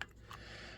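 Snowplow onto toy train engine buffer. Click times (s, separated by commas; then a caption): 0.0 s. A one-piece custom plastic snowplow, likely 3D-printed, is pushed onto the buffer of a classic old-style Trackmaster toy train engine (Henry, Thomas). It snaps on with a single sharp click at 0.0 s, followed by a faint tick at 0.1 s and a low steady hum. The plow is seated and stays put without coming loose.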